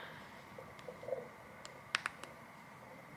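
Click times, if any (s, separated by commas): 2.0 s, 2.1 s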